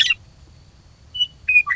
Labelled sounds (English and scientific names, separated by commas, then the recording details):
Western Meadowlark (Sturnella neglecta)
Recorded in Sonoma County, California